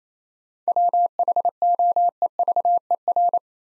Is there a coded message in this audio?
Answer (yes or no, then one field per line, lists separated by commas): yes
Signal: Morse code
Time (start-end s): 0.7-3.4 s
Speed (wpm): 28 wpm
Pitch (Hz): 700 Hz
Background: none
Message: WHOEVER